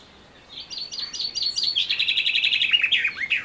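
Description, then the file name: Common chaffinch song: a quickening series of high chipping notes that drops into a rattling descending trill and ends in a sharp flourish. "Fringilla coelebs"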